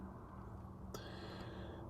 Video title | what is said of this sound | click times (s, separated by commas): 2012 Dodge Journey brake pads replacement | and slide it on just like that you hear that click or that audible sound | 1.0 s